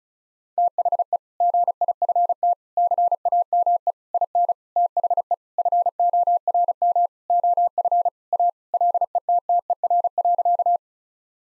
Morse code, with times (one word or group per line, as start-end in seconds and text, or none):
0.6-1.2 THE
1.4-2.5 GIFT
2.8-3.9 CAME
4.1-4.5 IN
4.8-5.3 THE
5.6-7.1 FORM
7.3-8.1 OF
8.3-8.5 A
8.7-10.8 LETTER.